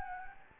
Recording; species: mosquito wingbeat signal from an infrared sensor; Anopheles gambiae